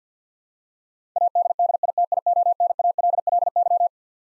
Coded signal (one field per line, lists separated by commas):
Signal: Morse code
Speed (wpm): 49 wpm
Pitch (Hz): 700 Hz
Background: none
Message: ADDITIONALLY